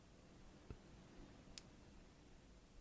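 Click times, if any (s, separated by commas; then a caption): 1.6 s. A strap adapter's spring bar, its ends held compressed, is worked into the lug hole of a G-Shock GW6900 watch case for fitting a NATO strap, after the tool has been set down. A soft low thump comes at about 0.7 s, then a sharp, bright click at 1.6 s as the spring bar snaps into the lug hole. The adapter is seated and secure.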